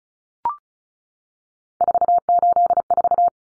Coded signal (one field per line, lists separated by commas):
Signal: Morse code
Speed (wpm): 34 wpm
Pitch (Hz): 700 Hz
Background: none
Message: 484